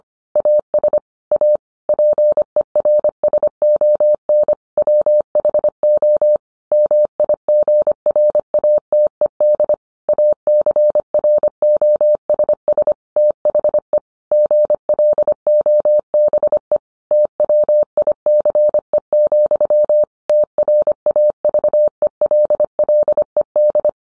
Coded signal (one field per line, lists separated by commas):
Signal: Morse code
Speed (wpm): 25 wpm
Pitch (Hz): 600 Hz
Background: none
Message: AS A PERSON WHO MIGRATED ACROSS THE GLOBE TWICE, TRAVELLED